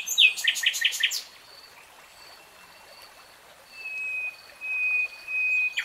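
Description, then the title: Nightingale song opening with a quick series of loud repeated notes, then a quiet gap and a long, even whistle. Three-hour real-time recording. "[Tiếng chim hót] REALTIME Nightingale Singing"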